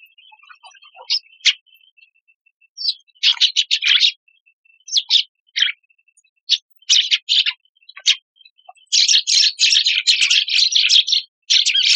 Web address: sikioto birds suzume